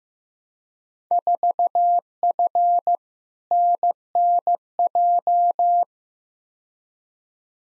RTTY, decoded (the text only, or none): none